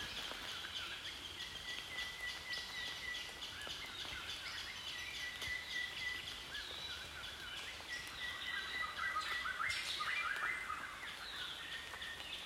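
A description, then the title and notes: A misty morning in a rainforest, filled with a dense, steady chorus of birds calling from several directions. Thin, high whistled notes stretch out repeatedly, with quick chirps and trills layered over a soft, constant hiss of the forest. Misty morning walk through the Rondo Reserve project at Kakamega Rainforest.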